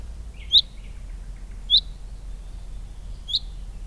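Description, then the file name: Common chaffinch calling with three sharp, high, clipped notes spaced a second or more apart over a steady low background hum. "Fringilla coelebs"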